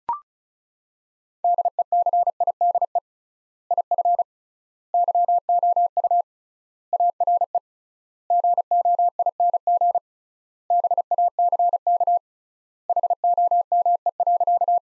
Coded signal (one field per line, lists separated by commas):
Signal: Morse code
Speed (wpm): 36 wpm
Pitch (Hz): 700 Hz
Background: none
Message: DECIDE IF YOU ARE GOING BACK HOME.